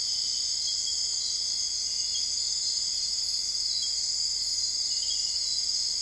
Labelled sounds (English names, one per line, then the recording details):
none
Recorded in dense forest near Puerto Asís, Putumayo, Colombia, on 21 December 2024 at 02:30
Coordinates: 0.485, -76.318
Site GP03